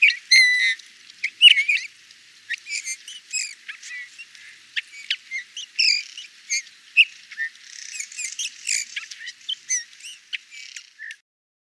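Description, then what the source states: Eurasian bullfinch calls: a busy run of short piping and chirping notes with ringing overtones, irregular and clustered, with a softer scratchy passage near the end. Burgundy, France.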